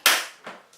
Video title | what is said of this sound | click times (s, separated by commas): SteadyGum Video Review - Will it help my back? | fairness you have yeah it has locked into place | 0.1 s